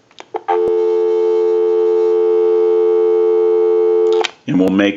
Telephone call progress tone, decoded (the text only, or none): dial tone